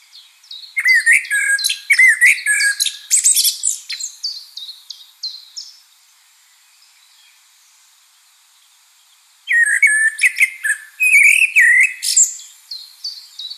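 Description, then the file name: Common blackbird song: two bouts of fluty warbled phrases, each ending in squeaky high twitters, separated by several seconds of silence. "Turdus merula"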